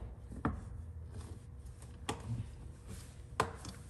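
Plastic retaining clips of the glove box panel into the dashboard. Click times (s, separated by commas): 0.4 s, 2.1 s, 3.4 s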